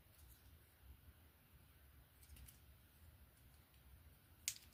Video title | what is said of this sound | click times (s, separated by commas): Transformers Studio Series TF One Deluxe Starscream and Thundercracker | That is basically going to lock into place | 4.5 s